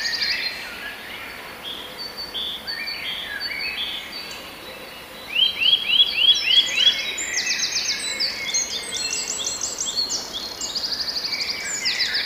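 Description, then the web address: Eurasian nuthatch giving a slow trill of rising, upslurred whistled notes near the middle, amid a busy chorus of other high-pitched birds and a steady background hiss. "kowalik kowalikwolnetryle"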